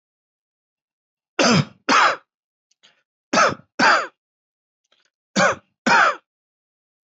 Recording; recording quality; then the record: heavy voluntary cough; excellent, no background noise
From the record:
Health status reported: healthy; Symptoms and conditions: none ticked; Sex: male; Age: 62 years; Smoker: not ticked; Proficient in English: yes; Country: India